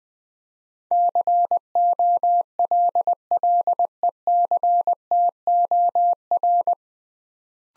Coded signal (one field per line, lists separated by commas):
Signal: Morse code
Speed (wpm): 20 wpm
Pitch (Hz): 700 Hz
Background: none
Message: COLLECTOR